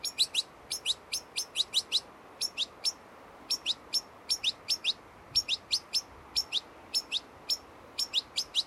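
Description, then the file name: European goldfinch calls: short, bright, high-pitched notes in quick clusters of two to four, repeated steadily throughout over a faint background hiss. "Carduelis carduelis"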